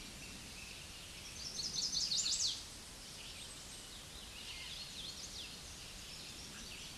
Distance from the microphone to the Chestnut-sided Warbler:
about 15 m